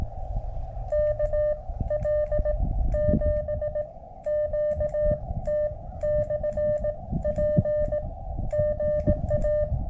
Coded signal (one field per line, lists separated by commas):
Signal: Morse code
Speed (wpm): 17 wpm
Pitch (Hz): 600 Hz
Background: music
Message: KL7QT/P GA